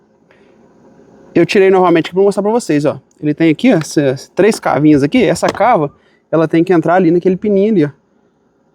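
A pool vacuum suction plate with three small notches is handled over a pool skimmer, one notch meant to drop onto the skimmer's small locating pin so the plate seals at the sides and pulls only through the middle. Someone talks throughout, with only a faint brief sound near 0.3 s before the speech. Nothing has seated or clicked yet.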